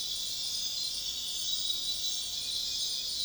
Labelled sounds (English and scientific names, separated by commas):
none